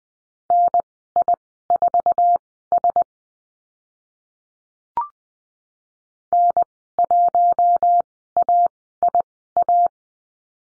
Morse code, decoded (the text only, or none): NI4S N1AIA